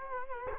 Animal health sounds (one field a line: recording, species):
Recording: mosquito wingbeat signal from an infrared sensor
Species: Culex quinquefasciatus